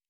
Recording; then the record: hydrophone in a shrimp aquaculture tank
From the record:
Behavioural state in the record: normal